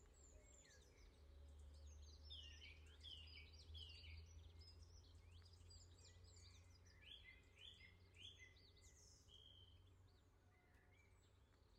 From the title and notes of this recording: Instead of the news, the dawn chorus. I’ve been waking up before sunrise. The sound of birds outside my window.